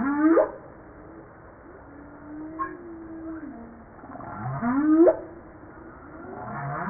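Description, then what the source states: Humpback whale song: quick upswept whoops alternating with a long, wavering tonal moan, then a further upsweep and low grunt. Recorded 5 March 1994.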